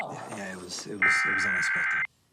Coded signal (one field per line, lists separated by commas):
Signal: Emergency Alert System (SAME) tones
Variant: header bursts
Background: speech